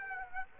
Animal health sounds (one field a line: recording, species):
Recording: mosquito wingbeat signal from an infrared sensor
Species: Aedes aegypti